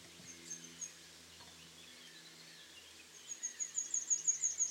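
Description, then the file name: Great tit, a few faint high notes early on, then a run of quick, thin, high-pitched repeated notes growing louder in the second half. "Parus major"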